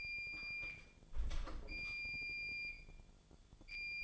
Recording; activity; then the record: daily activity, microphone in the room; close door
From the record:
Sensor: 5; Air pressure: 1015.2 hPa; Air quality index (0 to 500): 217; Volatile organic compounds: 12 ppm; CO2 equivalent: 2358 ppm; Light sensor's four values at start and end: 35/80/32/31 and 35/80/32/31